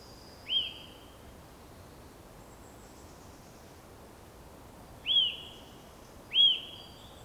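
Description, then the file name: Eurasian nuthatch uttering three ringing, slightly rising-then-falling call notes, one early and two close together near the end, with quiet hiss between. "Sitta europaea"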